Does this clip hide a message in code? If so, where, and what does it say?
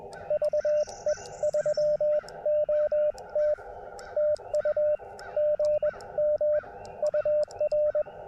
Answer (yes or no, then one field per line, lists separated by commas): yes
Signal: Morse code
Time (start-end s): 0.3-8.0 s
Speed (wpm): 21 wpm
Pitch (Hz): 600 Hz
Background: radio noise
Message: VE3OT TU GM UR